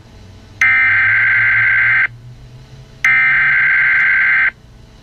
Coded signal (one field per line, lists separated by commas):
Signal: Emergency Alert System (SAME) tones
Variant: header bursts